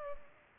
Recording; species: mosquito wingbeat signal from an infrared sensor; Culex pipiens